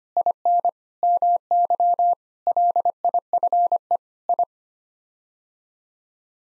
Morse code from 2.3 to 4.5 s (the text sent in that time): LIFE I